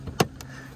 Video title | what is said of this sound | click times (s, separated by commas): Nissan Altima 2013 - 2018 Single Color Footwell Lighting Kit Install | You'll hear some clicks. | 0.2 s